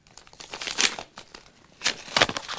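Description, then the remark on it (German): Paper rustling and tearing as an envelope with something hard inside, a key, is ripped open, with crisp crinkling bursts, a louder rip early on, then a second run of sharp tearing near the end. No voices. “Nie im Leben ist das ein Brief von Susan. Und da ist was drin. Was Hartes.”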